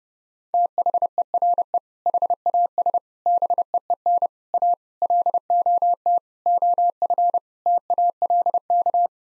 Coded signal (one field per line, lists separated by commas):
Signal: Morse code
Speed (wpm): 30 wpm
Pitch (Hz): 700 Hz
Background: none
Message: THERE HAS BEEN A LOT OF TALK